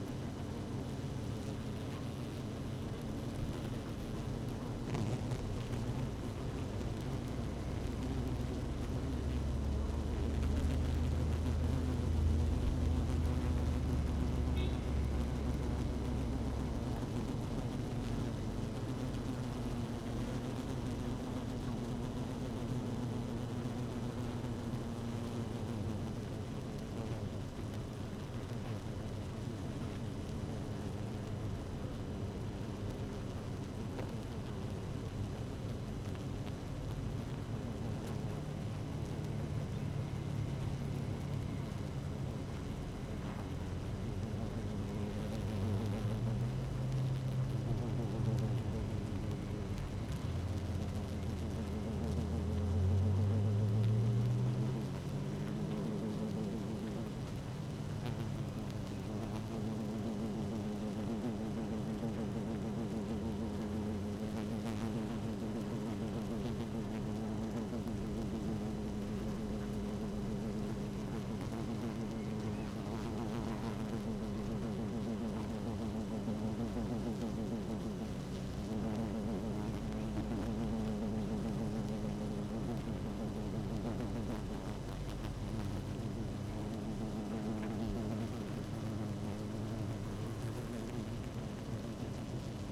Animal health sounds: honeybee colony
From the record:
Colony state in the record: active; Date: 12 June 2018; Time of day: 17:17

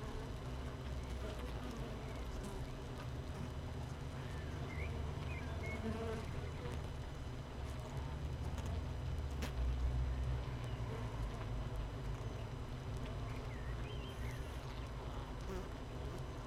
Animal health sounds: honeybee colony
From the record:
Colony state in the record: missing queen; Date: 31 May 2018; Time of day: 7:27

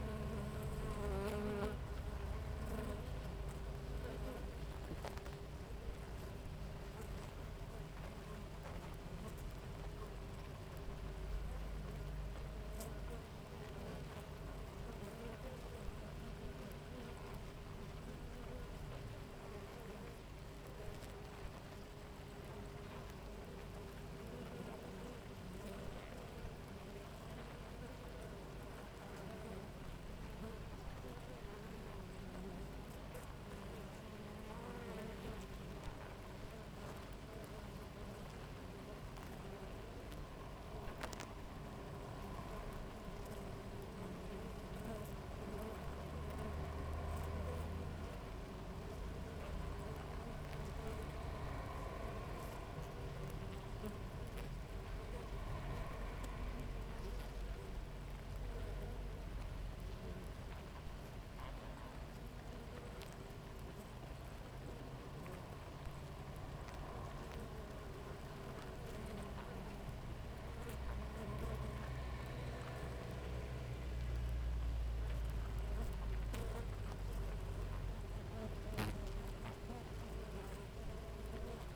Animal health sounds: honeybee colony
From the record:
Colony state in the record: active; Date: 28 July 2017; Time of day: 6:44

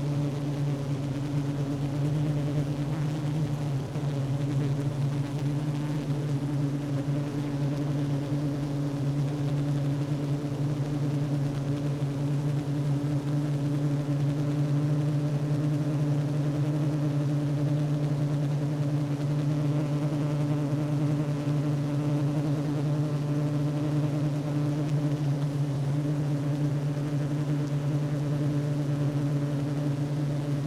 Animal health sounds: honeybee colony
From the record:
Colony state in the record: active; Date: 12 June 2018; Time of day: 10:23

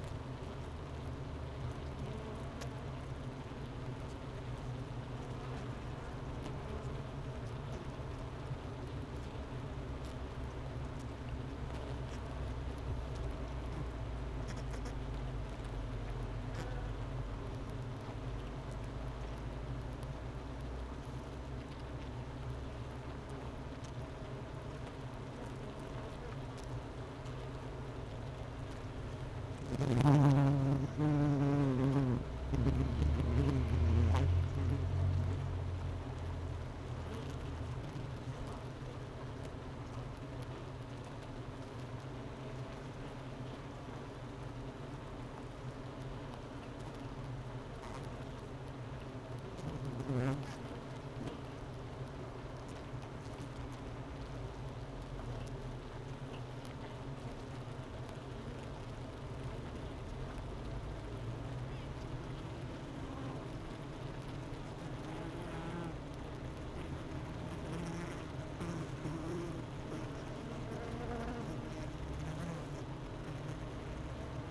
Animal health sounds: honeybee colony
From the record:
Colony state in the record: missing queen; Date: 31 May 2018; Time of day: 11:21

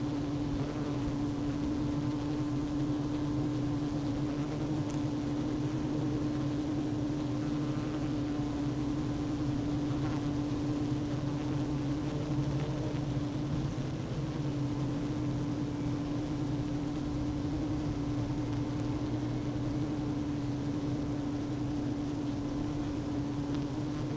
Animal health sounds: honeybee colony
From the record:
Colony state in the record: active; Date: 12 June 2018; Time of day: 11:35

